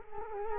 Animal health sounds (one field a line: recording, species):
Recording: mosquito wingbeat signal from an infrared sensor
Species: Culex quinquefasciatus